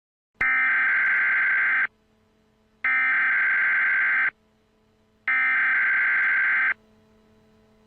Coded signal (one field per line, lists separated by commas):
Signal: Emergency Alert System (SAME) tones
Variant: header bursts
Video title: upcoming eas scenario leaked !!!